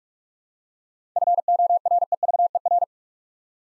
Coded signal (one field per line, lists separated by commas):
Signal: Morse code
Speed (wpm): 46 wpm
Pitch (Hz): 700 Hz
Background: none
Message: FOREVER